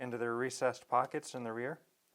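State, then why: Not seated. A rubber button pad with snap clips is being handled for pressing into the face of a new plastic fob housing, with the snaps meant to sit fully secured in their recessed pockets in the rear. Only someone talking is heard across the clip. Nothing has seated or clicked yet.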